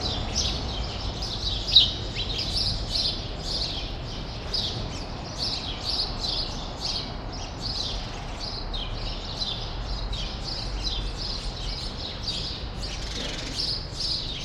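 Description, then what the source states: Flock of sparrows chirping steadily, many brief notes crowding together, with one sharp louder click early on and low background hum. Several sparrows in the small remaining part of a large grove, Rue Saint-Jean Népomucène, Brussels, Belgium; recorded with Immersive Soundscapes Earsight V2 AB microphones into a Zoom F3.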